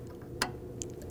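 A clip nut is pushed with a pick into a fan shroud tab on a 2001–2009 Volvo S60 2.5L L5 during radiator replacement. Sharp clicks are heard at 0.4 s and 0.8 s over a low steady hum. The clip nut clicks in and is seated.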